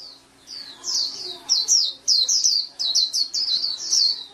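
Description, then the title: Oriental magpie-robin giving a quick series of bright, downslurred high chirps, gathering pace after a quiet opening; faint hum in the background. "Kicau Kacer"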